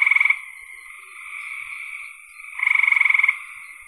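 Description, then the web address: Frog giving rapid pulsed trills, two loud bursts a few seconds apart, with a softer continuous trill between. "cn frogs"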